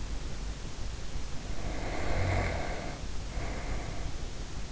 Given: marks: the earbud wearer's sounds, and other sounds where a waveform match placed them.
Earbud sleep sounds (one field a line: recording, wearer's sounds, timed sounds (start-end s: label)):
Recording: sounds in sleep by an in-ear microphone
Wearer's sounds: snoring breath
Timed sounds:
1.69-4.28 s: snoring breath